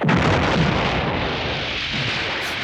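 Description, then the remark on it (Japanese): A loud explosion resounding through a town, coming from Michelle's room, bursts out and rumbles on. Its broad roar holds steady before slowly thinning away, with no voices present. “突如、街に鳴り響く爆発音。”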